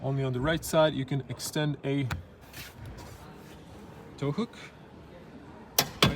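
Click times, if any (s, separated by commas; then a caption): 5.8 s, 6.0 s. Someone talks as the retractable tow hook on a 2024 MINI Countryman JCW All4 300 HP is released from the cargo area and swings out from its mount under the rear bumper. Two sharp metallic clicks ring out at 5.8 s and 6.0 s as the hook latches and locks into place, so it need not be touched when dirty.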